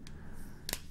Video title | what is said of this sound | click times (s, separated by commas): HTC Sensation XL with Beats Audio Unboxing & Hands On! YouTube | and snap into place. | 0.7 s